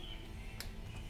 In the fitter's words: uhuh hear that snap I heard it that's how you do it